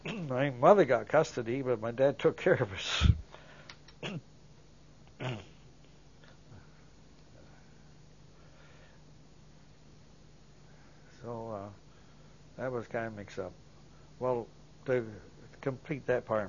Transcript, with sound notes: My mother got custody, but my dad took care of us. (long pause) So uh. That was kind of a mix up. Well, t-to complete that part.